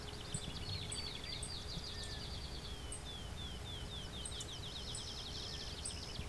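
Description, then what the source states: Clay-colored Sparrow song, high buzzy trills in rapid series, with sharp high ticks and a low rumbling background. Singing bird about 20 feet away along a hydro corridor near Westover, Ontario, in open thicket, late June morning; song low-pitched, hard to hear even up close.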